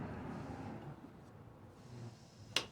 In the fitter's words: Just pushes down and clicks right into place.